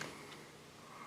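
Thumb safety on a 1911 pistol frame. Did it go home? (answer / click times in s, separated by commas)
no / none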